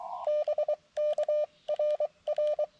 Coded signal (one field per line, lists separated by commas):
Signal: Morse code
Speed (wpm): 24 wpm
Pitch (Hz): 600 Hz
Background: none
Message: BK RR